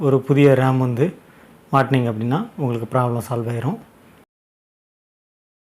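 A RAM memory module is being handled for a copier controller board slot on a Canon iR 3045 that won't power on, with its display off. Someone talks for about four seconds, followed by near silence. Nothing has seated or clicked yet.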